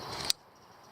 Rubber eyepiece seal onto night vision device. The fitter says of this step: It just doesn't click on as well as it used to.